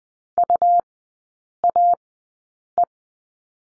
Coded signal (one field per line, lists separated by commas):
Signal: Morse code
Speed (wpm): 19 wpm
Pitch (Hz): 700 Hz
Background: none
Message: UAE